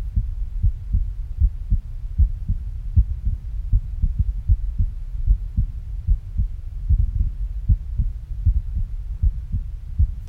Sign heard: Heartbeat.